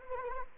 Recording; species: mosquito wingbeat signal from an infrared sensor; Anopheles arabiensis